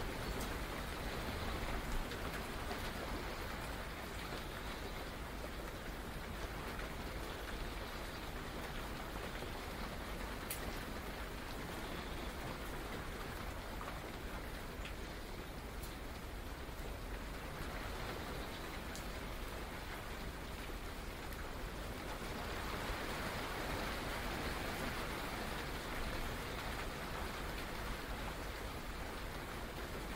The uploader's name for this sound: Rain, thunder sounds of nature